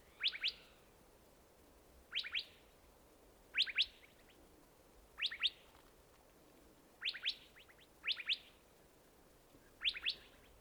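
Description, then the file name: Gambel's quail giving short bursts of two or three sharp chip notes, repeated every second or two over a faint steady background hiss. "Golosa ptic - SHlemonosnyj hohlatyj perepel Callipepla gambelii"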